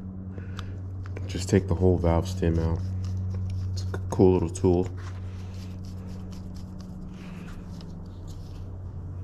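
A small valve tool is fitted onto the valve stem of a bicycle tire, to take the whole valve stem out and let the air out faster, with light handling ticks and scrapes over a steady low hum. Someone talks. Nothing has clicked or seated yet.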